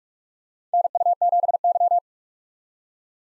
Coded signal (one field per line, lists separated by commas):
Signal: Morse code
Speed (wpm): 47 wpm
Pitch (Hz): 700 Hz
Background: none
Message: NU7Y